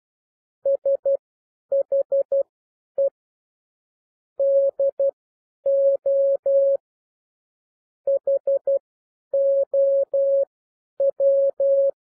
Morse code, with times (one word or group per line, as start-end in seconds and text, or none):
0.7-3.1 SHE
4.4-6.8 DO
8.1-11.9 HOW